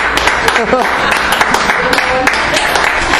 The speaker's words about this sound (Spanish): Un aplauso, por favor.